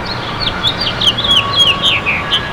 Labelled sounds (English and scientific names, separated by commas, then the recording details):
House Finch (Haemorhous mexicanus) song
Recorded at Bay Shore on Long Island, New York, on 29 May 2013
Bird E